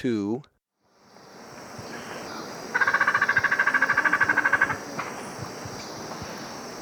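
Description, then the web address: Dusky Spinetail producing a single rapid, evenly pulsed rattle lasting about two seconds, after a brief sweeping sound at the very start. Recorded in Ecuador. "Birds of Ecuador. Dusky Spinetail"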